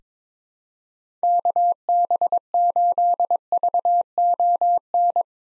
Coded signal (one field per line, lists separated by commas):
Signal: Morse code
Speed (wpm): 22 wpm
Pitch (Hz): 700 Hz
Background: none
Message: KB8VON